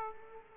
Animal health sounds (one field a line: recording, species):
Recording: mosquito wingbeat signal from an infrared sensor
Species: Aedes aegypti